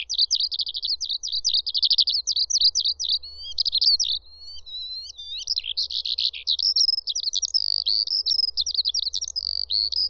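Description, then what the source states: Eurasian Skylark singing an unbroken run of high, rapid trills and chirping phrases that change pace and pitch throughout. Seemingly endless song of high notes and trills that chain together and fill the soundscape in the middle of fields.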